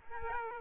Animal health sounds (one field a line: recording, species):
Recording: mosquito wingbeat signal from an infrared sensor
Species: Aedes aegypti